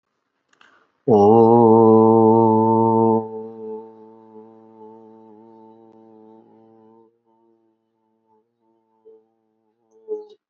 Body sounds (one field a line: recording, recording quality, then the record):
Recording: sustained vowel as in boot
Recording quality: excellent, no background noise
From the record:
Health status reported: healthy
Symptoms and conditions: none ticked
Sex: male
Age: 54 years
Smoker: not ticked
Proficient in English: yes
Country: India